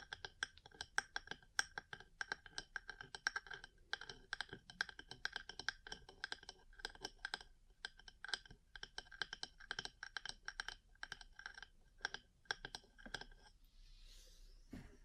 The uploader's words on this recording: ASMR 3Dio Mic Test Ear Cleaning, Massage, Cupping, Tapping (No Talking).